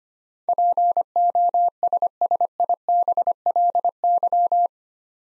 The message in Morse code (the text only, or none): POSSIBLY